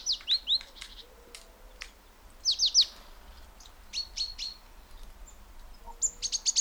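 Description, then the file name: Great tit calls: short clusters of sharp, high, slurred chirps separated by pauses, with a soft background hiss. "Parus major"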